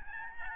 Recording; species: mosquito wingbeat signal from an infrared sensor; Aedes albopictus